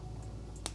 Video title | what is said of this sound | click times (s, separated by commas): Entertain Me! - oBravo Venus Review | click it in like that | 0.7 s